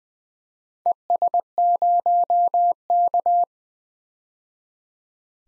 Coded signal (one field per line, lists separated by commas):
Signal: Morse code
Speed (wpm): 21 wpm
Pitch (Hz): 700 Hz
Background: none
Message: ES0K